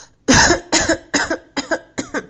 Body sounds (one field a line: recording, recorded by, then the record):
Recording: voluntary cough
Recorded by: messaging app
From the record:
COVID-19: negative